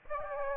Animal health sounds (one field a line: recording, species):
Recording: mosquito wingbeat signal from an infrared sensor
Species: Aedes aegypti